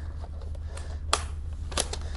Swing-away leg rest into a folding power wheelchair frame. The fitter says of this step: and then once you're seated in the unit you can bring the legs back in they do snap in place on both sides